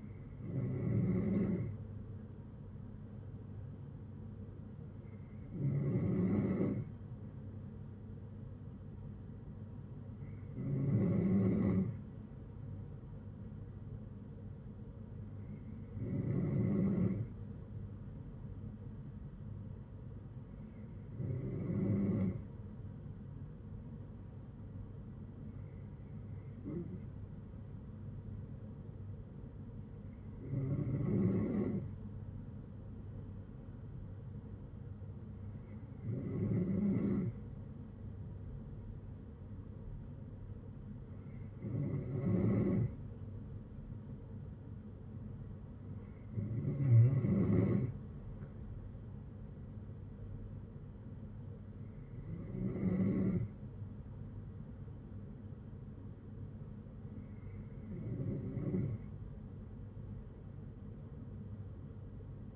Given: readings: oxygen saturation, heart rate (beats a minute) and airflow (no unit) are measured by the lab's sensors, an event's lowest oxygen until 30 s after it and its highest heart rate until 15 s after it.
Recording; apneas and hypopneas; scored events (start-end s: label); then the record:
breathing in sleep by a smartphone at the bedside; none
47.00-62.56 s: new sleep stage, N3 (deep sleep)
From the record:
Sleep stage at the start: N2 (light sleep); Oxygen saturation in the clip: 93 to 94%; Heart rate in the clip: 57 to 66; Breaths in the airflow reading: 12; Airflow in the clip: -8.6 to 5.8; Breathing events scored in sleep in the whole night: 182 in 7.4 hours asleep